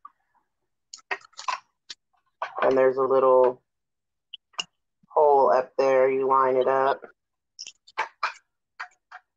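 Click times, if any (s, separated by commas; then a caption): 8.2 s. A removable die piece of a button pin maker is lined up by its small hole and pushed onto the press, with short handling taps and clicks between stretches of someone talking. It clicks into place at 8.2 s and is seated.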